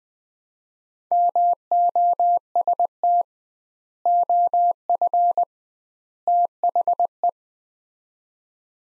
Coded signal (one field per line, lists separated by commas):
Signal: Morse code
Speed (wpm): 20 wpm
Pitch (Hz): 700 Hz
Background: none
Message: MOST OF THE